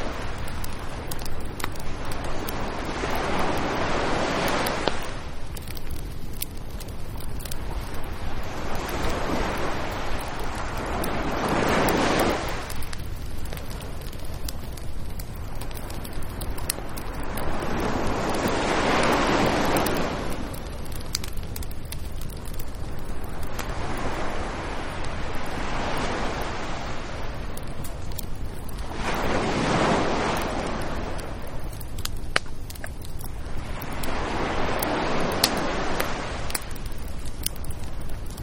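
Surf rolls in on a beach in slow, regular surges, each wave swelling and washing out about every five to seven seconds. Beneath the waves runs a steady low rumble of wind, holding the overall level fairly even throughout.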